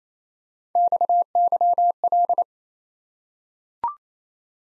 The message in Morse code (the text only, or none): XYL